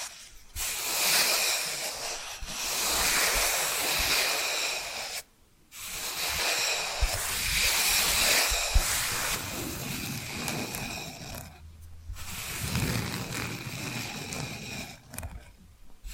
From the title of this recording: Hypnotic Tapping & Scratching Sounds